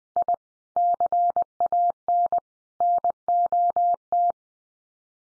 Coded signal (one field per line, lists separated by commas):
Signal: Morse code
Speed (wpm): 20 wpm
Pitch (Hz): 700 Hz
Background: none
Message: I CAN NOT